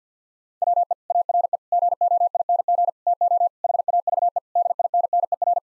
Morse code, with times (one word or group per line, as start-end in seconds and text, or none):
0.6-0.9 WE
1.1-1.6 ARE
1.7-2.9 GOING
3.1-3.5 TO
3.6-4.4 HAVE
4.6-5.6 DINNER